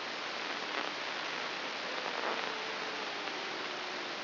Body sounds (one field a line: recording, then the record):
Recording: brain microelectrode recording played as sound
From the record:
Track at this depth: outside the subthalamic nucleus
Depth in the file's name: 6.501 mm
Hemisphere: right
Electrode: 2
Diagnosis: Parkinson's disease